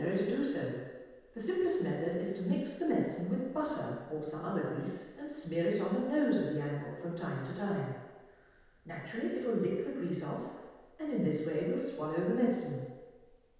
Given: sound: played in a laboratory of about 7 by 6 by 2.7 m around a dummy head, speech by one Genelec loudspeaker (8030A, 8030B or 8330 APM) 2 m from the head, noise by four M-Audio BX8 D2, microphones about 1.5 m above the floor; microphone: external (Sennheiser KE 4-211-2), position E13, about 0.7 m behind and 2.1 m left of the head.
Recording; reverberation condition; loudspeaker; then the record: female speech in English; high; 150 degrees to the right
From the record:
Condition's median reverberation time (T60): about 1300 ms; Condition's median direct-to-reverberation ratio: about -4.0 dB